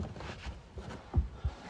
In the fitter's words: does that work there we go portable click